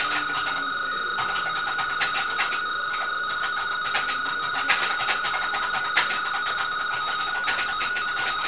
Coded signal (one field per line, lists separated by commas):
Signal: RTTY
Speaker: Vamos a volver a probar.